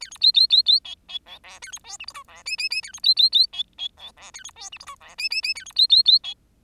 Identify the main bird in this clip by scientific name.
Lonchura striata domestica